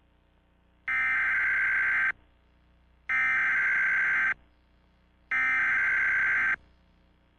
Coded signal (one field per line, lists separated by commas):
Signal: Emergency Alert System (SAME) tones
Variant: header bursts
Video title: EAS Scenario: Ice Ice Deadly. (Plz Read Description before watching!)